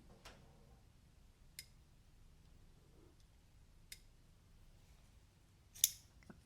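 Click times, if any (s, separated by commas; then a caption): none. A small custom folding tanto knife is flipped open, but a finger hits the blade, so it fails to fully deploy and does not lock. Quiet, sharp ticks come at about 1.6 s and 3.9 s, the loudest crisp snap at about 5.8 s, and faint ticks near 6.2–6.3 s. The blade has not locked open.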